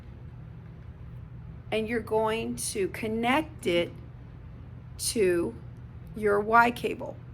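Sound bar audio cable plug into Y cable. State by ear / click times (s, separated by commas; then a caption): not seated / none. Someone talks over a low steady hum while handling the audio cable plug from a sound bar, about to connect it to a Y cable. No snap is heard in the clip, and the plug has not yet seated in the Y cable.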